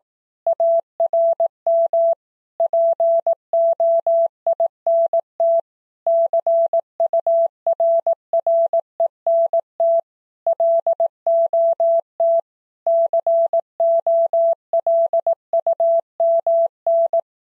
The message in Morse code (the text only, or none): ARM POINT CURRENT LOT COLUMN